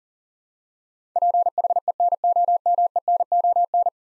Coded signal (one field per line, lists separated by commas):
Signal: Morse code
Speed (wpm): 41 wpm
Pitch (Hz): 700 Hz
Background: none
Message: PHENOMENON